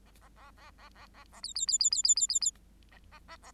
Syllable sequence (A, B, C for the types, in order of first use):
A A A A A A A A B B B B B B B B B A A A A